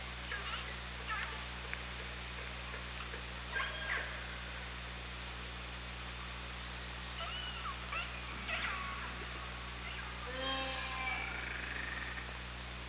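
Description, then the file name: Orca calls underwater: scattered short calls, then a run of harmonic, stacked calls near the end, some rising and falling, over a steady low hum. Hydrophone, 24 August 2017 at about 18:34. "Orca Lab"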